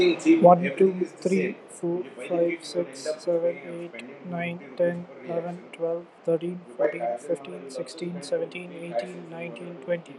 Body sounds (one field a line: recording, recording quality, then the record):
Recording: counting at a normal pace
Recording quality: moderate, slight background noise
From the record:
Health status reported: healthy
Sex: male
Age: 30 years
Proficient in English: yes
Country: India